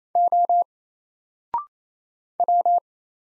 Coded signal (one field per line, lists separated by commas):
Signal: Morse code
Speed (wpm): 27 wpm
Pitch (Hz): 700 Hz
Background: none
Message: O W